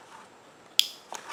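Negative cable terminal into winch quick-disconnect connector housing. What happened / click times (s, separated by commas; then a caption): The cable terminal clicked into its connector housing / 0.8 s. The negative cable terminal of a Bad Lands 2500 winch is pushed into the housing of its quick-disconnect connector. A loud, sharp click at 0.8 s shows it has seated, followed by a softer click at 1.2 s.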